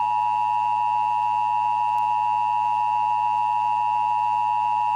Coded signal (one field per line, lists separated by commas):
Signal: Emergency Alert System (SAME) tones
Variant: 853 and 960 Hz attention tone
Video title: EAS Recreation (12/13/12): Multi-Vehicle-Accident